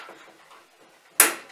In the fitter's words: did you hear click there